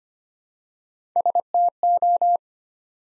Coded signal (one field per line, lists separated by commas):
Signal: Morse code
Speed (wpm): 25 wpm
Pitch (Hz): 700 Hz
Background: none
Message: STO